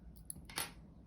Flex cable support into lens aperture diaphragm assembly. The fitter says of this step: the diaphragm assembly until we hear the little click